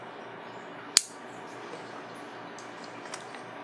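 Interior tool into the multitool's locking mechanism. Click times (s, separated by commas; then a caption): 1.0 s. An interior tool on a stainless steel Leatherman Surge multitool is opened and snaps into its locking mechanism with a single sharp metallic click at 1.0 s, locking it in place to keep it from wobbling. A much fainter tick follows at 3.1 s over quiet background noise.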